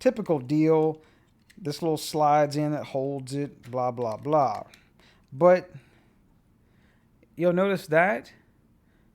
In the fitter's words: see the gap it's like it the battery door doesn't click